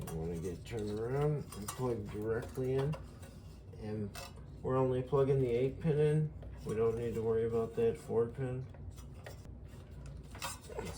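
An 8-pin CPU power cable plug is maneuvered and lined up near the motherboard header before being pressed in, with only the four-pin left unused, while someone talks for most of the clip. Toward the end, soft handling sounds of the cable and plug are heard, including small taps and rustles around 9.3 s to 10.8 s. Nothing has seated or clicked yet.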